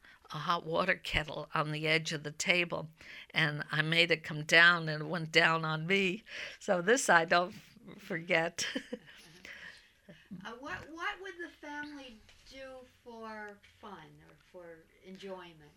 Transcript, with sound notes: hot water kettle on the edge of the table, and I made it come down, and it went down on me. So this I don't forget. ( she laughs )
What would the family do for fun or enjoyment?